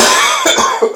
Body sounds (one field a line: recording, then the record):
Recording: coughing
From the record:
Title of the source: Spring Cold Coughing 2